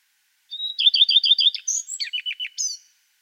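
Common redstart song with a thin introductory whistle, a rapid repeated series, a high slurred note, and a varied ending of dropping notes and a squeal.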